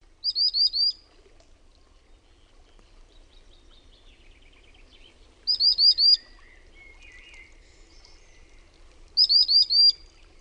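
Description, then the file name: Common Sandpiper uttering short bursts of four shrill, high notes, repeated every few seconds, with faint other sounds in between. "RANTATASIPI"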